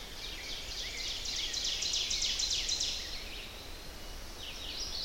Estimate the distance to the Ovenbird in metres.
about 55 m